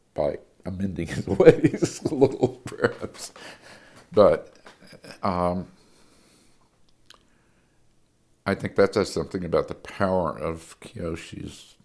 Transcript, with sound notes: by amending his ways a little, perhaps. [laughter] But, I think that says something about the power of Kiyoshi's